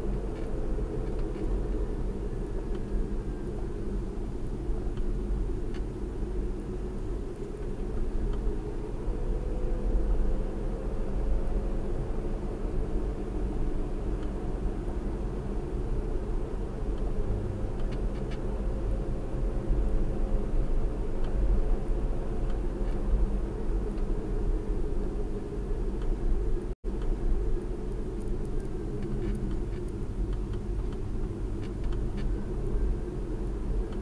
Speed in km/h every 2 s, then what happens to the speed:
47, 40, 39, 44, 50, 53, 55, 52, 50, 52, 52, 52, 45, 42, 35, 37, 44.
0-4 slows to 39. 4-12 speeds up to 55. 12-22 steady at about 52. 22-28 slows to 35. 28-34 speeds up to 44.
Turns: none.